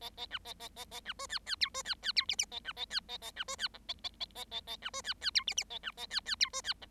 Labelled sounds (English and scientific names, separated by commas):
Bengalese Finch (Lonchura striata domestica) song